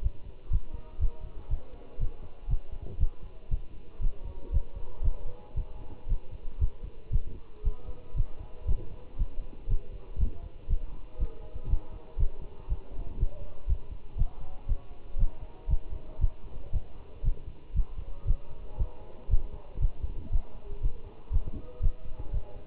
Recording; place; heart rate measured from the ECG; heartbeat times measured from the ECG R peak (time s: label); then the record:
heart sounds by stethoscope; between the tricuspid and mitral areas; 118 bpm
0.03 s: heartbeat
0.52 s: heartbeat
1.01 s: heartbeat
1.51 s: heartbeat
2.00 s: heartbeat
2.50 s: heartbeat
3.00 s: heartbeat
3.51 s: heartbeat
4.02 s: heartbeat
4.53 s: heartbeat
5.04 s: heartbeat
5.57 s: heartbeat
6.09 s: heartbeat
6.61 s: heartbeat
7.13 s: heartbeat
7.65 s: heartbeat
8.17 s: heartbeat
8.68 s: heartbeat
9.19 s: heartbeat
9.70 s: heartbeat
10.20 s: heartbeat
10.70 s: heartbeat
11.20 s: heartbeat
11.70 s: heartbeat
12.19 s: heartbeat
12.70 s: heartbeat
13.20 s: heartbeat
13.69 s: heartbeat
14.18 s: heartbeat
14.69 s: heartbeat
15.20 s: heartbeat
15.70 s: heartbeat
16.21 s: heartbeat
16.73 s: heartbeat
17.25 s: heartbeat
17.76 s: heartbeat
18.28 s: heartbeat
18.79 s: heartbeat
19.31 s: heartbeat
19.81 s: heartbeat
20.33 s: heartbeat
20.83 s: heartbeat
21.33 s: heartbeat
21.83 s: heartbeat
22.34 s: heartbeat
From the record:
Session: Bruce protocol treadmill stress test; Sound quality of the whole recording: good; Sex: male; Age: 25 years